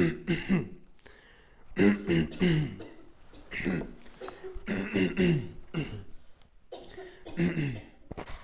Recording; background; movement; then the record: throat clearing; a bystander coughing; sitting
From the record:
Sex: male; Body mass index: 21.0 kg/m2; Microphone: on the chest, facing outward